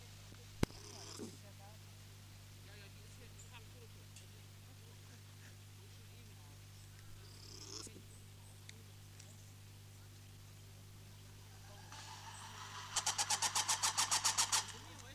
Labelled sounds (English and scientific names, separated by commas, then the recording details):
Red Ruffed Lemur (Varecia rubra) call
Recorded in captivity
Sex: group
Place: Tierpark Berlin, Berlin, DE
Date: 2006-09-14 15:45
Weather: sonnig, 25°C
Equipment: Grundig CR 110, Sennheiser ME 80, Kopie Uher 4000 Report Monitor
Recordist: Tembrock, Günter